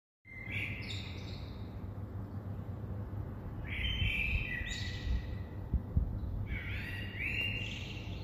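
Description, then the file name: Eurasian blackbird with three separate thin, chattering high phrases a few seconds apart, set against constant low-pitched background noise. "Turdus merula"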